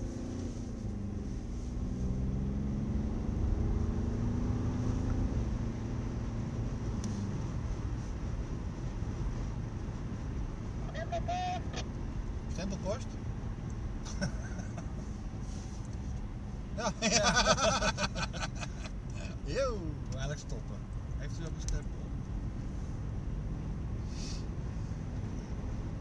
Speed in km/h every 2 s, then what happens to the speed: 68, 91, 93, 93, 91, 90, 84, 84, 78, 77, 75, 81, 83.
0-4 speeds up to 93. 4-10 steady at about 91. 10-19 slows to 75. 19-26 speeds up to 83.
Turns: none.